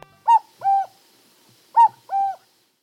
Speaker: Birdsong is heard frequently in the music of the masters, and no bird has been so often evoked in song and symphony as the cuckoo.